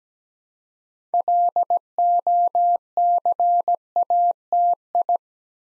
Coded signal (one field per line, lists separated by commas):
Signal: Morse code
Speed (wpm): 17 wpm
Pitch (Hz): 700 Hz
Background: none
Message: LOCATI